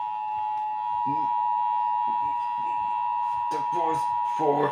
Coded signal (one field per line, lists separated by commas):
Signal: Emergency Alert System (SAME) tones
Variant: 853 and 960 Hz attention tone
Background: speech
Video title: AMBER Alert Texas and ENHANCED RISK OF SPC EAS Alerts From 3/14/24 (EAS#749 - #765)